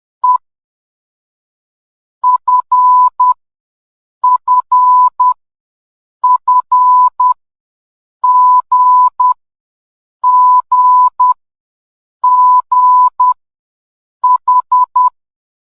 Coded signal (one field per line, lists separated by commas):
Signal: Morse code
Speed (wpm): 10 wpm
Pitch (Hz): 1000 Hz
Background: none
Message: E F F F G G G H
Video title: MORSE CODE